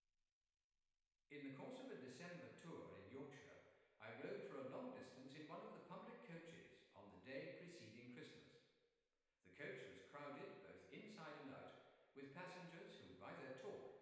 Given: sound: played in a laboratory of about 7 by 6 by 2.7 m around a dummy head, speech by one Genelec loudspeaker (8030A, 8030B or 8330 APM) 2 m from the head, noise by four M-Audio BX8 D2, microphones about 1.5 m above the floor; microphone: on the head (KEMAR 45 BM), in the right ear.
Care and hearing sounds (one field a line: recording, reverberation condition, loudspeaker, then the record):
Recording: male speech in English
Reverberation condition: high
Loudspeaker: 150 degrees to the right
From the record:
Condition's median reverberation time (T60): about 1300 ms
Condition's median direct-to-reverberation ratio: about -4.0 dB